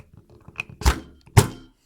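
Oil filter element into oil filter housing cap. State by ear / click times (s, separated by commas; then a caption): seated / 1.4 s. A new paper oil filter element is pushed onto a plastic oil filter housing cap for a BMW 528i, 328i or 428i (E60, E61, E90, F32). After a few light handling taps, a first thud comes at about 0.9 s, then a sharper, louder snap at 1.4 s as the element seats and is confirmed in place. No one talks.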